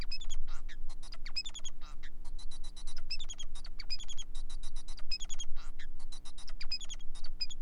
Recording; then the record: song of a male Bengalese finch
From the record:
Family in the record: son of father 4